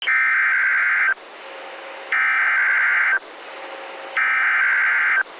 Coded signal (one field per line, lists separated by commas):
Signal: Emergency Alert System (SAME) tones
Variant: header bursts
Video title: Severe Thunderstorm Warning (4/21/26) [EAS #402]